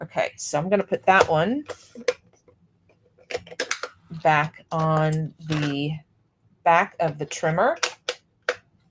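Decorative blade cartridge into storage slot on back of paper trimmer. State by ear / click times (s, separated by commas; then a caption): seated / 8.5 s. A plastic decorative blade cartridge is pressed into its storage slot on the back of a paper trimmer while someone talks. A sharp click at 8.5 s shows the cartridge has snapped into place and is seated.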